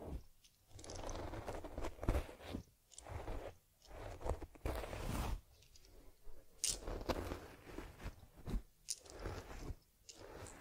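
A teddy bear is groomed with rough, crackly scratching and brushing strokes, like fur being combed and rubbed. The strokes come in uneven bursts about once a second, separated by short quiet gaps, with a few sharper crinkly clicks standing out.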